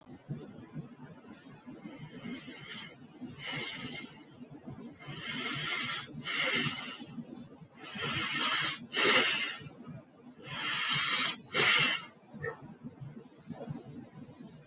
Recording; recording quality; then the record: shallow breathing; poor, much background noise or distortion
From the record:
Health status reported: healthy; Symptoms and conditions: none ticked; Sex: male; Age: 50 years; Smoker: not ticked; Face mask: not worn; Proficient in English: yes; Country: India